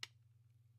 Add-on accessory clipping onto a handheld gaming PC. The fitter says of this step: aha did you hear the click on the top the second click now that's on there